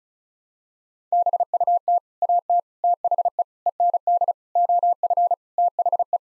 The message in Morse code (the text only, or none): BUT AT THE END OF THE